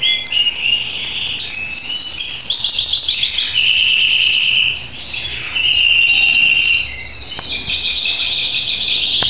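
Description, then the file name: Scotch Fancy canary in sustained song with fast rattling trills, a long steady rolling tour, and a brief dip in volume near the middle before the singing picks up again. "canto do canario scotch fancy"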